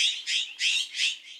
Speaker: In some species of jays, like these Mexican jays, the young birds stay with their family group through fall and winter and into the following breeding season.